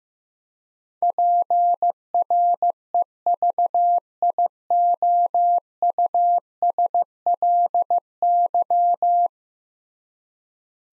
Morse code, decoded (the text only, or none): PREVIOUSLY